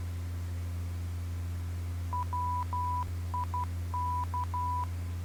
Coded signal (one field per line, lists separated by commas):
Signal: Morse code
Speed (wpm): 12 wpm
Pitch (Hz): 990 Hz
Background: none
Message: WIK